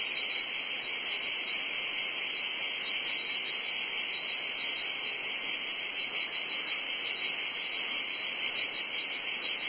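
Unbroken cicada drone, high and shrill, slightly pulsing in loudness but otherwise steady for the whole stretch.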